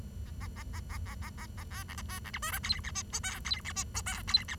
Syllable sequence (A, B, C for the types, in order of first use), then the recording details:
A A A A A A A A A B C A A C D E F G H I J K G H I J K G H. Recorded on 23 June 2012 at 09:22. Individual gr41rd51